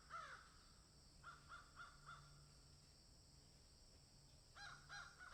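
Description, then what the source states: Crow caws, one harsh call, then a run of four evenly spaced caws, a pause, and three more caws at the end over steady low hum. Several crows cawing in a field.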